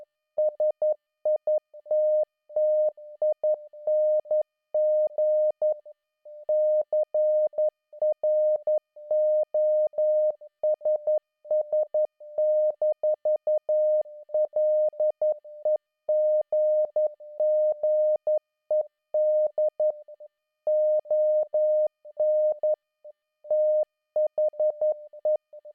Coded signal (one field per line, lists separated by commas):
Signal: Morse code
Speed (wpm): 11 wpm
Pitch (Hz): 610 Hz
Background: none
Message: SITTING CROSS-LEGGED ON THE